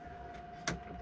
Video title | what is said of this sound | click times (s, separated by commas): PECRON E3600LFP Power Station (((((UPDATE 9))))) We now have the 15,360wh FULL SYSTEM !!!!! | you want to plug them until they click guys and then this | 0.7 s